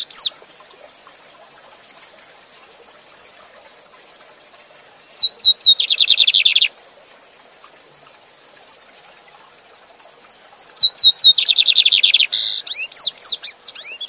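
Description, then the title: Lined seedeater song: a few thin whistled notes leading into a fast buzzy trill, sung twice about five seconds apart, over a steady rushing of water. Song tutor bird singing live with a waterfall; presented as a new lined seedeater song. "Novo Canto de Bigodinho. Bigode Gavião negro professor de canto cantando ao vivo com cascata!"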